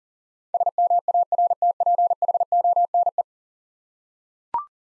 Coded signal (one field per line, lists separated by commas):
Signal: Morse code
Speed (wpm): 40 wpm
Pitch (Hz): 700 Hz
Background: none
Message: SMARTPHONE